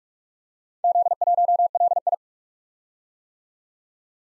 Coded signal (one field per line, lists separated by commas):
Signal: Morse code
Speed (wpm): 44 wpm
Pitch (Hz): 700 Hz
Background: none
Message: Z1LI